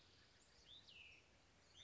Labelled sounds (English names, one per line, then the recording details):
Cassin's Vireo
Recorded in Sonoma County, California